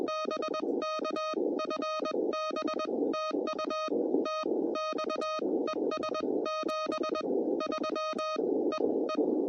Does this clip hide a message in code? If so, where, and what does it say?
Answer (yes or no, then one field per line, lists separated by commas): yes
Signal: Morse code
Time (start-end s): 0.1-9.2 s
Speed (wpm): 21 wpm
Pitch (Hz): 1250 Hz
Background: none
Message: BK FB TU TX ES 73 E E